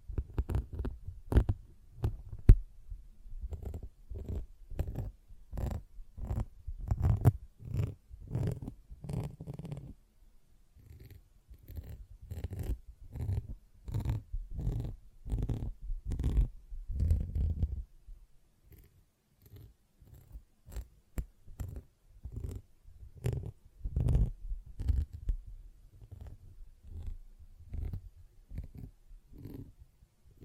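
A sponge being worked in quick, repeated strokes, each a short soft squish or scratch with a dull low thump beneath. The strokes come steadily, two or three per second, easing off briefly around ten seconds and turning lighter and thinner after eighteen.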